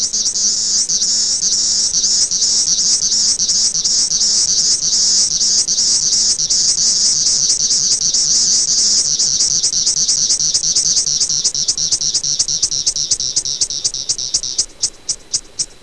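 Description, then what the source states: Periodical cicada chorus: a loud, continuous high-pitched buzz that breaks into regular pulses, which slow and thin out to separate bursts near the end. Recorded in Michigan.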